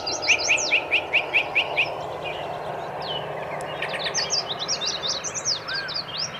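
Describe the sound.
Birds singing: a quick run of about seven evenly spaced chirps, then a jumble of high twittering phrases over a steady background hiss.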